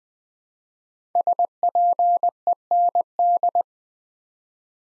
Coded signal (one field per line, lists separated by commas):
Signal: Morse code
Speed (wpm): 20 wpm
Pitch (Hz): 700 Hz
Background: none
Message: SPEND